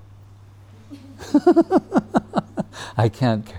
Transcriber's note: heavy lift expression,laughs